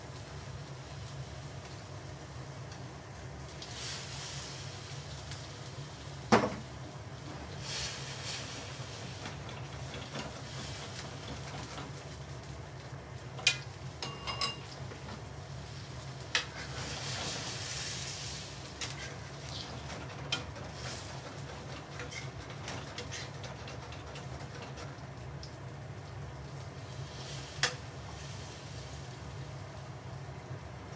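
A simmering pot gives a steady low rumble with a faint bubbling hiss throughout. Brighter swishing stretches rise around 4–8 and 16–19 seconds, and sharp knocks or clicks land every few seconds, near 6, 13, 16, 20 and 27 seconds.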